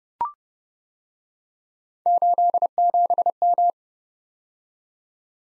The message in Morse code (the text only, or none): 87M